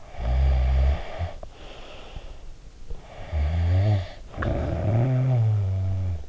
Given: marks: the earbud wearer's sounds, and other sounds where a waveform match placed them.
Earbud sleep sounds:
sounds in sleep by an in-ear microphone; snoring breath
0.02-2.35 s: snoring breath
2.96-6.19 s: snoring breath

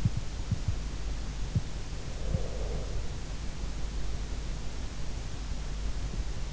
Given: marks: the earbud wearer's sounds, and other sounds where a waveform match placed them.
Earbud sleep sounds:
sounds in sleep by an in-ear microphone; breath
1.51-3.36 s: breath

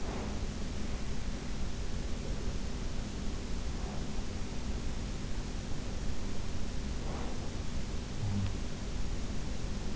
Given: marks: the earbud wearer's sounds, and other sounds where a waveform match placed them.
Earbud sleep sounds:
sounds in sleep by an in-ear microphone; breath
0.00-0.75 s: breath
6.94-7.64 s: breath
8.16-8.63 s: sound from someone else or the room

